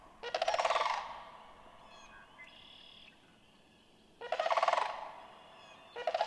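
Sandhill crane producing three loud, vibrating rattle calls, the first two separated by a long pause, with a faint buzzy note and light background hiss between.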